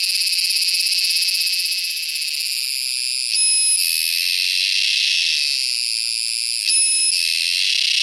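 Purana sagittata cicada song: a high pulsing buzz that settles into a steady drone, with two short, louder tonal accents about three seconds apart.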